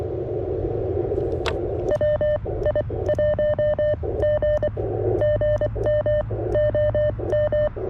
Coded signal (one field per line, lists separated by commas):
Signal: Morse code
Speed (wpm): 22 wpm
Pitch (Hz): 590 Hz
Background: none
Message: WI1G GM OM